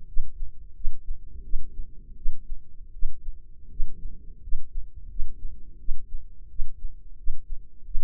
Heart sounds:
heart sounds by microphone in the left ear; 85 bpm
0.05 s: heartbeat
0.73 s: heartbeat
1.42 s: heartbeat
2.15 s: heartbeat
2.92 s: heartbeat
3.69 s: heartbeat
4.41 s: heartbeat
5.08 s: heartbeat
5.78 s: heartbeat
6.48 s: heartbeat
7.16 s: heartbeat
7.84 s: heartbeat
From the record:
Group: healthy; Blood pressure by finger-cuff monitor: 100/56 mmHg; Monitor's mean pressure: 69 mmHg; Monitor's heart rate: 85 bpm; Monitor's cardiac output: 7.4 L/min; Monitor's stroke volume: 89 mL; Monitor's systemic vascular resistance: 660 dyn s/cm5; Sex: female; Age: 22 years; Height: 157 cm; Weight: 47.6 kg

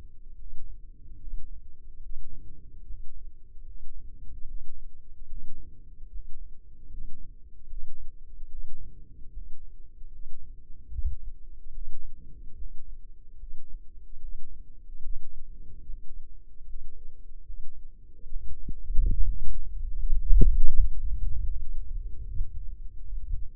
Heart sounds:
heart sounds by microphone in the left ear; 74 bpm
0.35 s: heartbeat
1.17 s: heartbeat
1.99 s: heartbeat
2.83 s: heartbeat
3.63 s: heartbeat
4.44 s: heartbeat
5.26 s: heartbeat
6.08 s: heartbeat
6.87 s: heartbeat
7.66 s: heartbeat
8.48 s: heartbeat
9.30 s: heartbeat
10.09 s: heartbeat
10.89 s: heartbeat
11.71 s: heartbeat
12.55 s: heartbeat
13.36 s: heartbeat
14.18 s: heartbeat
14.99 s: heartbeat
15.82 s: heartbeat
16.63 s: heartbeat
17.43 s: heartbeat
18.25 s: heartbeat
19.11 s: heartbeat
19.95 s: heartbeat
20.73 s: heartbeat
21.52 s: heartbeat
22.30 s: heartbeat
23.07 s: heartbeat
From the record:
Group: healthy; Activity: rest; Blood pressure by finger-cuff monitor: 117/86 mmHg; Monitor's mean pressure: 97 mmHg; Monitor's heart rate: 75 bpm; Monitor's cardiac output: 3.4 L/min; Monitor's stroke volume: 46 mL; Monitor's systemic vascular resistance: 2050 dyn s/cm5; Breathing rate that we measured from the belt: 18 breaths a minute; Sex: male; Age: 55 years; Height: 167 cm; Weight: 57.2 kg

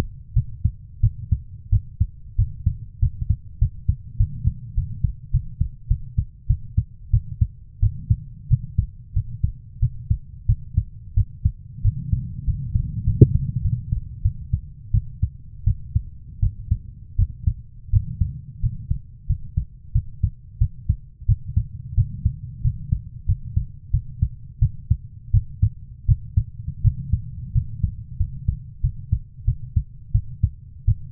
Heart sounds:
heart sounds by stethoscope; 90 bpm
0.34 s: heartbeat
1.01 s: heartbeat
1.70 s: heartbeat
2.36 s: heartbeat
3.00 s: heartbeat
3.59 s: heartbeat
4.17 s: heartbeat
4.75 s: heartbeat
5.31 s: heartbeat
5.88 s: heartbeat
6.47 s: heartbeat
7.11 s: heartbeat
7.80 s: heartbeat
8.48 s: heartbeat
9.13 s: heartbeat
9.80 s: heartbeat
10.46 s: heartbeat
11.15 s: heartbeat
11.82 s: heartbeat
12.45 s: heartbeat
13.05 s: heartbeat
13.62 s: heartbeat
14.22 s: heartbeat
14.92 s: heartbeat
15.64 s: heartbeat
16.40 s: heartbeat
17.16 s: heartbeat
17.91 s: heartbeat
18.61 s: heartbeat
19.27 s: heartbeat
19.93 s: heartbeat
20.59 s: heartbeat
21.26 s: heartbeat
21.95 s: heartbeat
22.62 s: heartbeat
23.26 s: heartbeat
23.91 s: heartbeat
24.59 s: heartbeat
25.31 s: heartbeat
26.06 s: heartbeat
26.82 s: heartbeat
27.53 s: heartbeat
28.17 s: heartbeat
28.81 s: heartbeat
29.45 s: heartbeat
30.12 s: heartbeat
30.85 s: heartbeat
From the record:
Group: healthy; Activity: cold pressor test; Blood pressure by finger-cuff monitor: 120/73 mmHg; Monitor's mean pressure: 94 mmHg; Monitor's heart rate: 90 bpm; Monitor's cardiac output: 7.7 L/min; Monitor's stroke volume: 83 mL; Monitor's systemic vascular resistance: 880 dyn s/cm5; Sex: female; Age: 24 years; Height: 163 cm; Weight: 55.7 kg

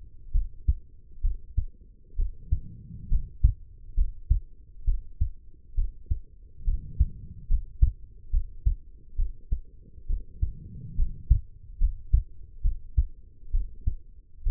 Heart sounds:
heart sounds by stethoscope; 68 bpm
0.32 s: heartbeat
1.21 s: heartbeat
2.16 s: heartbeat
3.09 s: heartbeat
3.95 s: heartbeat
4.85 s: heartbeat
5.75 s: heartbeat
6.65 s: heartbeat
7.48 s: heartbeat
8.31 s: heartbeat
9.16 s: heartbeat
10.07 s: heartbeat
10.96 s: heartbeat
11.78 s: heartbeat
12.62 s: heartbeat
13.51 s: heartbeat
14.43 s: heartbeat
From the record:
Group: healthy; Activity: rest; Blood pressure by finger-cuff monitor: 95/66 mmHg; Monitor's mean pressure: 75 mmHg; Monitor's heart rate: 67 bpm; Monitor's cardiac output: 5 L/min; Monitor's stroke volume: 74 mL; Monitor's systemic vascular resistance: 1090 dyn s/cm5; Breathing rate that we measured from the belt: 15 breaths a minute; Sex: female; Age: 23 years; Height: 160 cm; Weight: 50.4 kg

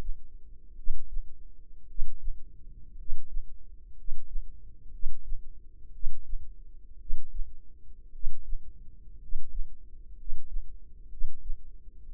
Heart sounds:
heart sounds by microphone in the left ear; 58 bpm
0.74 s: heartbeat
1.85 s: heartbeat
2.95 s: heartbeat
3.94 s: heartbeat
4.89 s: heartbeat
5.90 s: heartbeat
6.97 s: heartbeat
8.10 s: heartbeat
9.17 s: heartbeat
10.14 s: heartbeat
11.07 s: heartbeat
12.04 s: heartbeat
From the record:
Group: healthy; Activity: rest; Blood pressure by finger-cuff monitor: 98/52 mmHg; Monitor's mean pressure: 63 mmHg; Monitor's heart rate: 57 bpm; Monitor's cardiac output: 5 L/min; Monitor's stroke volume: 86 mL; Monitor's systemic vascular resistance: 880 dyn s/cm5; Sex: male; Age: 25 years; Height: 170 cm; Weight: 70.4 kg

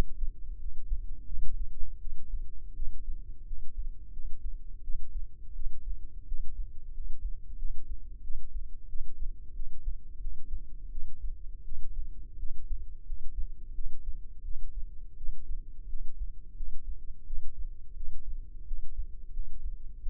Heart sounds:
heart sounds by microphone in the left ear; 86 bpm
0.58 s: heartbeat
1.26 s: heartbeat
1.99 s: heartbeat
2.74 s: heartbeat
3.45 s: heartbeat
4.11 s: heartbeat
4.82 s: heartbeat
5.53 s: heartbeat
6.26 s: heartbeat
6.92 s: heartbeat
7.57 s: heartbeat
8.21 s: heartbeat
8.87 s: heartbeat
9.54 s: heartbeat
10.19 s: heartbeat
10.90 s: heartbeat
11.63 s: heartbeat
12.37 s: heartbeat
13.04 s: heartbeat
13.73 s: heartbeat
14.43 s: heartbeat
15.16 s: heartbeat
15.87 s: heartbeat
16.54 s: heartbeat
17.25 s: heartbeat
17.94 s: heartbeat
18.65 s: heartbeat
19.31 s: heartbeat
20.00 s: heartbeat
From the record:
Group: healthy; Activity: rest 0-19 s, breath hold 19-20 s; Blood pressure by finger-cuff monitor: 102/66 mmHg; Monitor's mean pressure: 76 mmHg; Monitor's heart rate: 86 bpm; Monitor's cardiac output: 6.7 L/min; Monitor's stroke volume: 78 mL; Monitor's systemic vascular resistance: 830 dyn s/cm5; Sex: female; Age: 19 years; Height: 163 cm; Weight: 48.9 kg

